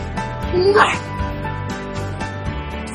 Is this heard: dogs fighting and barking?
yes